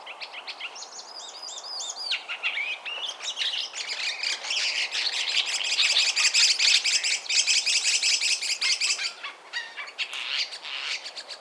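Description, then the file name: Chestnut-cheeked starling chatter: dense, continuous high-pitched squeaks, whistles and buzzy notes running almost without pause for the full length, swelling louder in the middle. "Sturnus philippensis"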